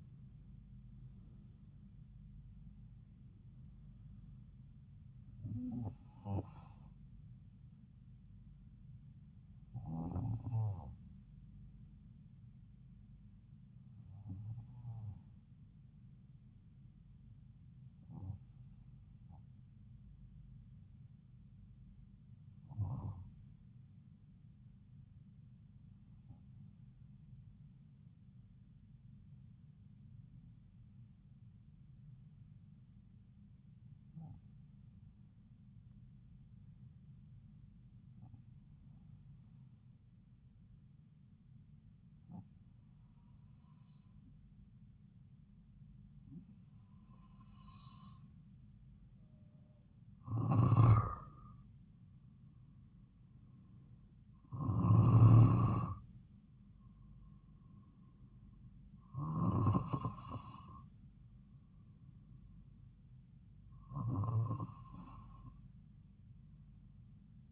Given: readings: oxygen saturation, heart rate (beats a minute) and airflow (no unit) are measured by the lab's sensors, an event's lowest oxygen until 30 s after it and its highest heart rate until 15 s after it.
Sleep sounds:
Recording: breathing in sleep by a smartphone at the bedside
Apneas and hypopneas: 1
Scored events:
20.00-52.40 s: hypopnea (N1, oxygen 96% highest, then 91% lowest)
24.00-67.52 s: new sleep stage, N2 (light sleep)
From the record:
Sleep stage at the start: N1 (lightest sleep)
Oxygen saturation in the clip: 91 to 96%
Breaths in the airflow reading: 16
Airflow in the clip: -6.1 to 8.2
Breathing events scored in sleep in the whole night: 270 in 6.1 hours asleep

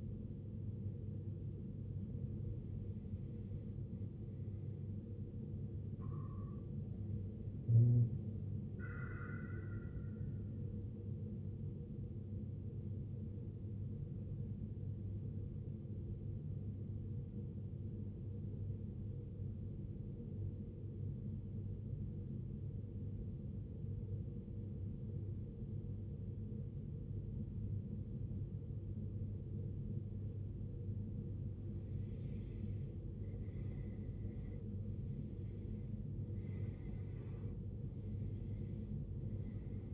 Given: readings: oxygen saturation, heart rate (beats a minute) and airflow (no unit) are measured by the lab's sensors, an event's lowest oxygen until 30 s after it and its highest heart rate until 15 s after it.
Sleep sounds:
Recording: breathing in sleep by a smartphone at the bedside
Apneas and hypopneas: 1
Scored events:
17.00-33.20 s: obstructive apnea (N1, oxygen 97% highest, then 93% lowest, heart rate 66 at the start, 67 highest)
From the record:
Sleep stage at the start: N1 (lightest sleep)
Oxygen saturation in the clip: 94 to 97%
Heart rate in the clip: 58 to 67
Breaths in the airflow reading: 5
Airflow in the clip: -15.8 to 18.1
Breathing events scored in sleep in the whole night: 389 in 6.3 hours asleep

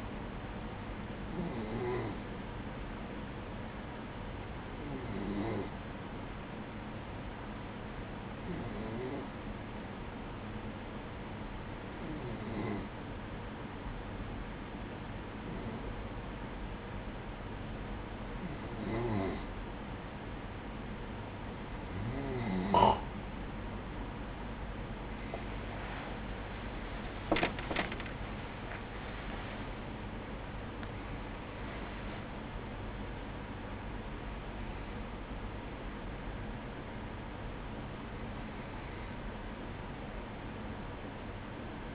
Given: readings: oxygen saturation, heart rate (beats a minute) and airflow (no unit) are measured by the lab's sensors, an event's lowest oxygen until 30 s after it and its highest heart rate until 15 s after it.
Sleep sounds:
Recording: breathing in sleep by a voice recorder at the bedside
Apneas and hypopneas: 1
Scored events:
3.00-26.10 s: hypopnea (N2, oxygen 95% highest, then 93% lowest, heart rate 58 at the start, 77 highest)
18.00-41.95 s: new sleep stage, N1 (lightest sleep)
From the record:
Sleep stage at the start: N2 (light sleep)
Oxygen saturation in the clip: 93 to 95%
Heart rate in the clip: 58 to 77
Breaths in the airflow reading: 12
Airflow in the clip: -12.4 to 12.8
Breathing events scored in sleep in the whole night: 180 in 6.7 hours asleep

